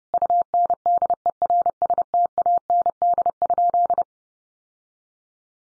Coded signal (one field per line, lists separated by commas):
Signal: Morse code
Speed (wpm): 29 wpm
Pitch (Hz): 700 Hz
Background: none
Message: UNDERSTAND?